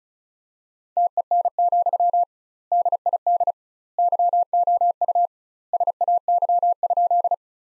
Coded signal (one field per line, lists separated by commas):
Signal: Morse code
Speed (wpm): 34 wpm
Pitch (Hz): 700 Hz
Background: none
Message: TEN, DID YOU SAY?